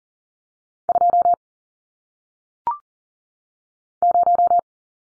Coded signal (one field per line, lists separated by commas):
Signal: Morse code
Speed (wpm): 40 wpm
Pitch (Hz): 700 Hz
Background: none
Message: 2 0